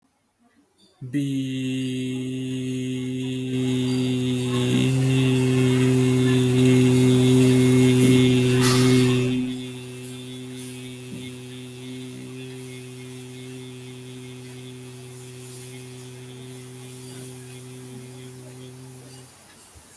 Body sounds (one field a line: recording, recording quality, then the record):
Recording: sustained vowel as in beet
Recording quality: moderate, slight background noise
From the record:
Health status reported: healthy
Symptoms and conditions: none ticked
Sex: male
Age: 27 years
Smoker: not ticked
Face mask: not worn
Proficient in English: yes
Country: India